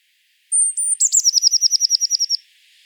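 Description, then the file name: Eurasian blue tit: a few thin, very high notes followed by a rapid, even trill of many clipped notes. "Cyanistes caeruleus"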